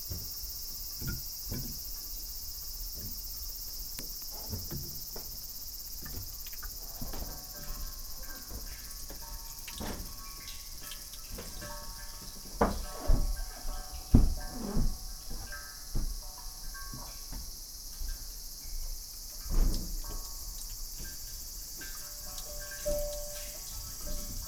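A field recording from Kyoto, Japan, with a steady, dense wash of high insect or cricket chirring running through the whole clip. Beneath it come scattered knocks, taps and soft thuds, busiest in the middle and again near twenty seconds, with faint tonal sounds drifting in and out.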